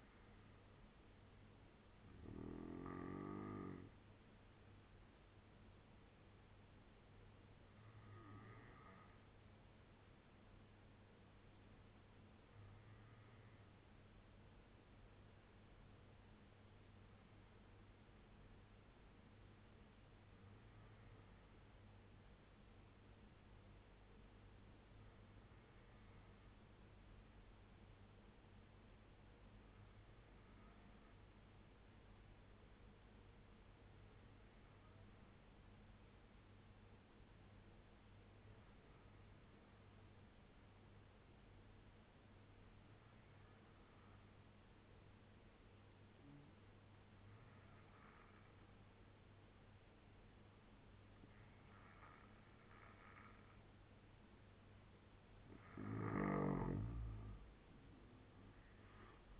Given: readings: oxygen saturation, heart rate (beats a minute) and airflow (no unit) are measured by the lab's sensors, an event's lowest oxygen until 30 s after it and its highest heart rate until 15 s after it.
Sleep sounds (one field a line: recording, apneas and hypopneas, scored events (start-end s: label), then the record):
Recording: breathing in sleep by a voice recorder at the bedside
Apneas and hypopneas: 1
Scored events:
14.00-51.10 s: obstructive apnea (N2, oxygen 96% highest, then 84% lowest, heart rate 72 at the start, 86 highest)
From the record:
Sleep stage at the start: N2 (light sleep)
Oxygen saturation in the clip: 83 to 96%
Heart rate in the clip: 68 to 77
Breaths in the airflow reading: 4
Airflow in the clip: -3.4 to 8.5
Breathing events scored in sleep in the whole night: 201 in 6.5 hours asleep